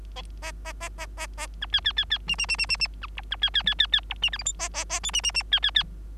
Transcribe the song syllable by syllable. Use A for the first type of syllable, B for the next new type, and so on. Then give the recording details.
A A A A A A B C C C C D D D D D D B E B C C C C C E D F G H A A A I D D D C C C. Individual Bird3